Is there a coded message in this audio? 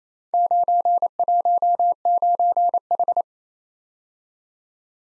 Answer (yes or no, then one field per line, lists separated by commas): yes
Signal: Morse code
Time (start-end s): 0.3-3.2 s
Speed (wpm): 28 wpm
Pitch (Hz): 700 Hz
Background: none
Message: 919H